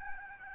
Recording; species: mosquito wingbeat signal from an infrared sensor; Aedes albopictus